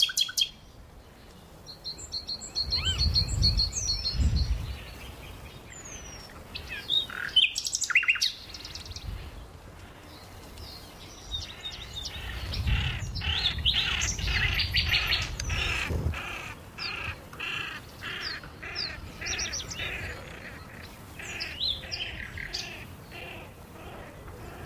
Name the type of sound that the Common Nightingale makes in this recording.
song